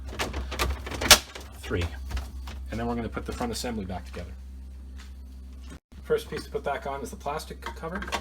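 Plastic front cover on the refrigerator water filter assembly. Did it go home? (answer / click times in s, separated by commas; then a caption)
no / none. Someone talks while handling the plastic front cover of a Samsung French door refrigerator's water filter assembly, setting it back over the filter assembly, with a steady low hum underneath. A few short plastic knocks sound in the first second and a half, the sharpest near 1.1 s. Nothing has clicked into place yet.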